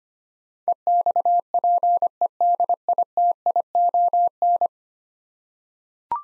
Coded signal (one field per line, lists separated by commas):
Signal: Morse code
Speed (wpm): 25 wpm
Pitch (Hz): 700 Hz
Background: none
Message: EXPEDITION